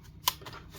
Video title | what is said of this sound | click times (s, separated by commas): DELL Inspiron 15 3520 Disassembly RAM SSD Hard Drive Upgrade Battery LCD Screen Replacement Repair | Push that down into place, make sure it all clicks in. | 0.3 s